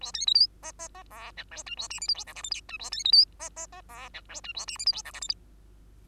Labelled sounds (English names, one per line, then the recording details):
Bengalese Finch song
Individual Bird2